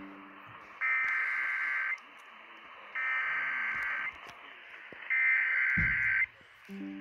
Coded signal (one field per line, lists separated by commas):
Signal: Emergency Alert System (SAME) tones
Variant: header bursts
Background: speech